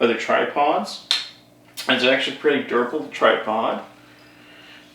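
A tripod dolly, the wheeled base with folding arms that lock open with small spring pins, is being handled while someone talks. Nothing has seated or clicked yet; the arm has not locked into its open position by the end of the clip.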